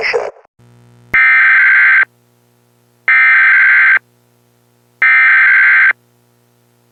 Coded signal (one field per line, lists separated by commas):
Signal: Emergency Alert System (SAME) tones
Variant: header bursts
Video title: EAS Scenario #12 - School's Out / Tri-State Weather Disaster